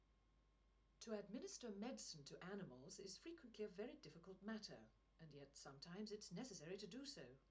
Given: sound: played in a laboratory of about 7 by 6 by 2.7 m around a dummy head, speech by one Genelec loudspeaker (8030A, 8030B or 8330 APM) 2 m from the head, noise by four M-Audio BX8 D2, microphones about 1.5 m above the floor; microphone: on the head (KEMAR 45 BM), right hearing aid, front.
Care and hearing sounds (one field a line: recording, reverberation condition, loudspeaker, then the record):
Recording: female speech in English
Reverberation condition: low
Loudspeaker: 120 degrees to the right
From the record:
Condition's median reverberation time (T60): about 310 ms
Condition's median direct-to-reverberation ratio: about 3.5 dB